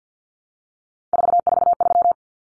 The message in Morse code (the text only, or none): 443